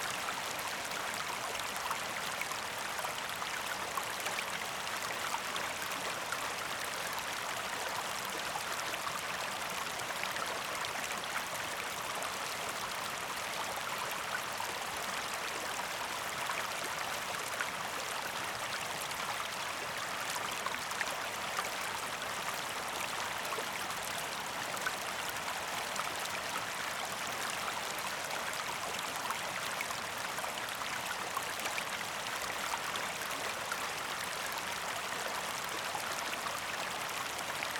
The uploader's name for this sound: River Sounds, Forest Soundscape, Birds, Waterfall